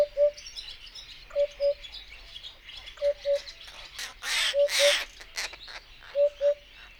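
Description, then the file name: Eurasian hoopoe calling, soft low hollow double notes, oop-oop, repeated about every one and a half seconds, with a burst of harsh noisy calls from another bird midway. Recorded at Yekpyndy, Kazakhstan, on 26 May 2011, with a European roller (semenowi) also present. "ehoop-epops-S eroll-semenowi-CON kz yekpyndy MS"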